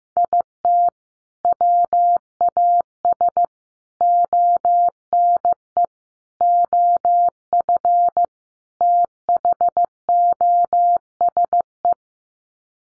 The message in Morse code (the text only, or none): IT WAS ONE OF THOSE